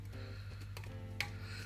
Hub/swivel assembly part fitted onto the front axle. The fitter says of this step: yeah Heard It Go click on and that just turns around nicely